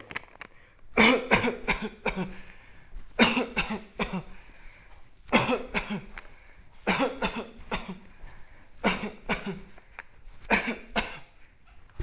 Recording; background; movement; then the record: voluntary coughing; quiet; walking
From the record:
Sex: male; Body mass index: 20.6 kg/m2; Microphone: on the chest, facing the body